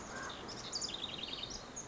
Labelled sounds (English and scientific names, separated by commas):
House Wren (Troglodytes aedon)